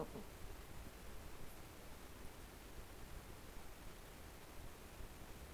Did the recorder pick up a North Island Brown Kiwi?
no